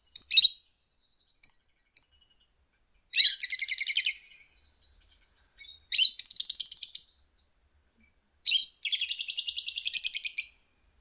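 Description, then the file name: Lovebird calls: a few short shrill chirps followed by three long rapid chattering bursts of harsh, buzzy notes separated by quiet gaps. "suara call lovebird"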